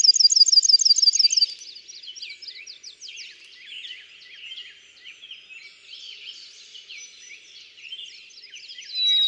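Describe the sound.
Bachman's sparrow rapid trill of repeated notes opening the recording, lasting under two seconds, followed by continuous chatter from other birds.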